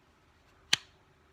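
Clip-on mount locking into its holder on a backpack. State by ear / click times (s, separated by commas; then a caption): seated / 0.7 s. A clip-on mount is pushed onto its holder on a backpack until it locks in place. A few faint small clicks come first, then one sharp, loud click at 0.7 s that quickly dies away. The mount is seated and locked.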